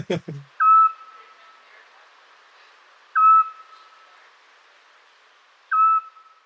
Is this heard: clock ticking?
no